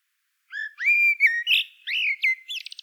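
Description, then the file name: Common blackbird song: a single flowing phrase of mellow fluted whistles, rising and falling, ending in a quick high twittering flourish, with no other sounds. "Turdus merula"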